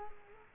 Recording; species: mosquito wingbeat signal from an infrared sensor; Culex quinquefasciatus